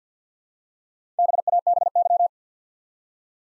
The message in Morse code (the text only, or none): BABY